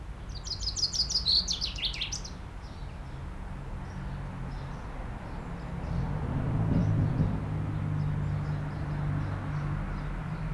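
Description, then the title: Common chaffinch song: one rapid descending trill of bright notes ending in a short flourish, followed by faint scattered chirps over a steady low rumble. Aix-les-Bains, France; singing in a tree while preening. "30 Rue Eugène Fert, 73100 Aix-les-Bains, France - Pinson des arbres"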